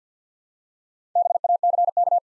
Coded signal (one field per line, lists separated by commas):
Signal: Morse code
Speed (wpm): 50 wpm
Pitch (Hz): 700 Hz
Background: none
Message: BACK